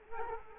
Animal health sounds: mosquito wingbeat signal from an infrared sensor; Culex quinquefasciatus

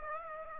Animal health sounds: mosquito wingbeat signal from an infrared sensor; Aedes aegypti

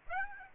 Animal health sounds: mosquito wingbeat signal from an infrared sensor; Aedes aegypti

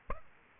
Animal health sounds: mosquito wingbeat signal from an infrared sensor; Aedes aegypti

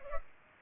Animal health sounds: mosquito wingbeat signal from an infrared sensor; Culex pipiens

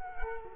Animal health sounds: mosquito wingbeat signal from an infrared sensor; Culex quinquefasciatus

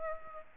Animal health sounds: mosquito wingbeat signal from an infrared sensor; Aedes aegypti

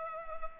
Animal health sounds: mosquito wingbeat signal from an infrared sensor; Culex pipiens

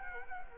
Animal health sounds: mosquito wingbeat signal from an infrared sensor; Culex quinquefasciatus

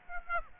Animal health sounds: mosquito wingbeat signal from an infrared sensor; Aedes aegypti

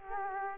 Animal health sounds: mosquito wingbeat signal from an infrared sensor; Culex quinquefasciatus

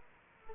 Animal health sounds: mosquito wingbeat signal from an infrared sensor; Aedes aegypti

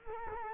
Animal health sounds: mosquito wingbeat signal from an infrared sensor; Culex quinquefasciatus

